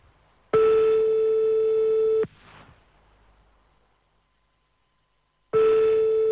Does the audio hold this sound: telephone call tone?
yes